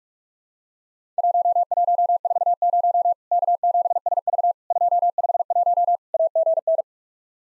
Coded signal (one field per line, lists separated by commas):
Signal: Morse code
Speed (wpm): 46 wpm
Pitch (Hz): 700 Hz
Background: none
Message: 1140 K7SV 251 AGN